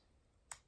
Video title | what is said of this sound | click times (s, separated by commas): Fitbit Inspire HR Unboxing and First Look | Yep. It's got a nice clicky feel, unlike some of the older models | 0.5 s